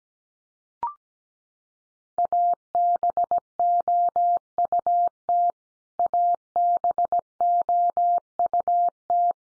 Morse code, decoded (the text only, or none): ABOUT ABOUT